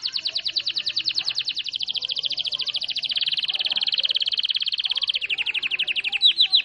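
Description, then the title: Canary song as one long continuous roll of rapid notes, slowing slightly toward the end into separate chirps. Canary singing a long roll (ngerol panjang); a master recording used for training birds. "Master Burung Jos. Kenari ngerol panjang 1"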